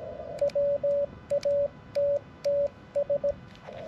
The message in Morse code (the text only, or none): WATTS